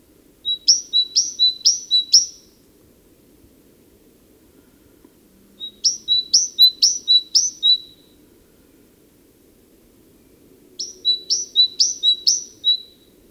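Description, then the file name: Great tit singing three strophes of repeated two-syllable phrases, high then lower, each burst lasting about two seconds with quiet gaps between. "Parus major"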